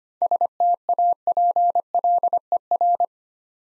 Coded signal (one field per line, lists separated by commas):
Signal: Morse code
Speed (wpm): 25 wpm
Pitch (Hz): 700 Hz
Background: none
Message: STAPLER